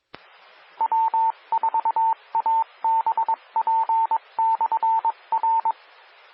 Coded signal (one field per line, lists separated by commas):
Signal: Morse code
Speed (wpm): 22 wpm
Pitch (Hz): 900 Hz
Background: radio noise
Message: W4ABP/R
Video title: 2021-08-17 - Northeast Georgia Amateur Radio Repeaters